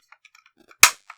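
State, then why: Seated. A plastic inner door panel is pressed into the door of a 1/8 scale DeAgostini Ford GT40 model car so its tabs engage. A few faint, light clicks and taps are followed by one loud, sharp snap at 0.8 s as the panel seats into place, then a small click at 1.1 s.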